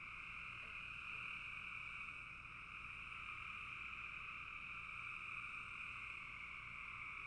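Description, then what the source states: Frog chorus, an unbroken high rasping trill from many frogs calling at once, holding steady throughout without pauses. Frogs in a bog.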